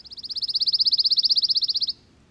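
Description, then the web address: Pine Warbler singing one long, even trill of many rapid high notes lasting nearly two seconds, swelling then holding steady. "the warbler that loves pines"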